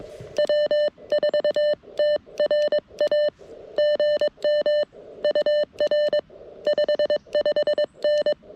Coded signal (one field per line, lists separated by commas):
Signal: Morse code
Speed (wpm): 22 wpm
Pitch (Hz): 600 Hz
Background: none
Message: W4TRA GM UR 55N